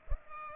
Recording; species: mosquito wingbeat signal from an infrared sensor; Culex pipiens